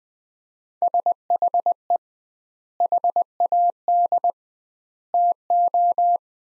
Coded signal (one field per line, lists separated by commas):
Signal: Morse code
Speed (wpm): 21 wpm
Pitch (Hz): 700 Hz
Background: none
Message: SHE HAD TO